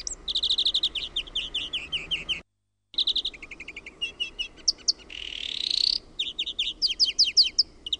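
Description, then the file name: European greenfinch song: rapid twittering trills and rattling phrases with a harsh wheezing buzz in the middle, nearly continuous. "VIHERPEIPPO"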